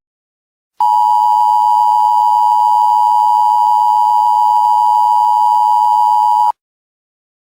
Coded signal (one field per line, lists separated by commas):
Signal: Emergency Alert System (SAME) tones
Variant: 853 and 960 Hz attention tone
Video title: Mexican invasion of the United States (eas scenario)